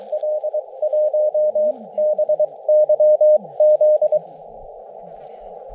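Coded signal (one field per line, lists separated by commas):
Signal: Morse code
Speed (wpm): 25 wpm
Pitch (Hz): 610 Hz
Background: radio noise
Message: L 1 B Y Z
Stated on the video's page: SOTA summit activation with a sub-2 lb portable radio.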